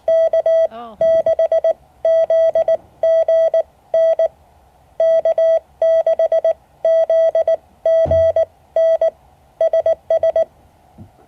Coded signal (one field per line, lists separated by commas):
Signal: Morse code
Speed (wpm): 19 wpm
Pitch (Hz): 650 Hz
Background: speech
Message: K6ZGN K6ZGN SS